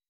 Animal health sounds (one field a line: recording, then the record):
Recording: hydrophone in a shrimp aquaculture tank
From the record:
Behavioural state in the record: weakened